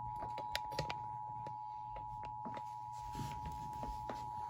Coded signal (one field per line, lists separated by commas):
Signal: Emergency Alert System (SAME) tones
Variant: 853 and 960 Hz attention tone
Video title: EAS 711: SVR from NWS TOP